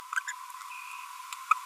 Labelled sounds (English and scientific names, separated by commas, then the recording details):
Green-rumped Parrotlet (Forpus passerinus) babbling
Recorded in a nest box in Venezuela
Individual 18B25A5